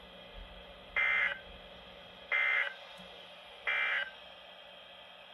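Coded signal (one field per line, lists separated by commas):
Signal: Emergency Alert System (SAME) tones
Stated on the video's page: Severe thunderstorm warning from the National Weather Service in Raleigh for central North Carolina counties.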